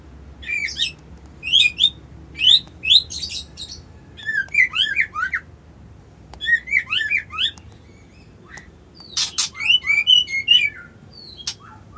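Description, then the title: White-eye song: a long series of quick twittering phrases with high rising and falling chirps, separated by short pauses, plus a few sharp clicks. Song style called ngerol ngalas. "Suara Burung Pleci Ngerol Ngalas Mantap"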